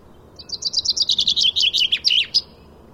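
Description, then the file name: Common chaffinch singing one full phrase, a rapid series of high chipping notes sliding lower before a quick final flourish, over a faint steady background hiss. "Fringilla coelebs"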